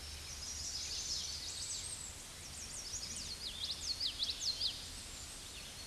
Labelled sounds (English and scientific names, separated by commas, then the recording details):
Common Yellowthroat (Geothlypis trichas) song
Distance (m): 15 m
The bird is about 5 m above the microphone
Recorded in a Pennsylvania forest on 16 May 2024 at 07:30
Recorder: AudioMoth, point MSD-0438
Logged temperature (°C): 14.5 °C
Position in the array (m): 90 m, 93 m